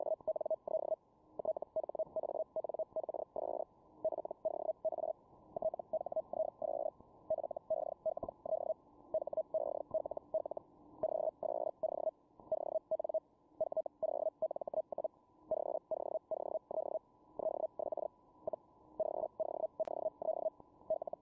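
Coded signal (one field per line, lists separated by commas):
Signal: Hellschreiber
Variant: Feld Hell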